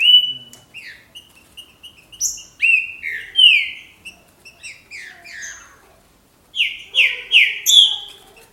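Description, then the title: Green-winged saltator song, a steady whistled note followed by clear down-slurred whistles, a brief silence, then four loud falling phrases in a row. "Trinca Ferro"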